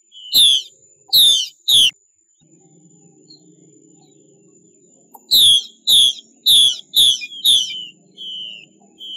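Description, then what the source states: Chinese hwamei song: bursts of loud rich notes in quick series, a quiet pause between groups, then softer sliding whistles. Female bird giving 'xuy' calls.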